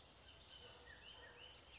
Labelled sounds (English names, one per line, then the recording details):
Bullock's Oriole
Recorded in Sonoma County, California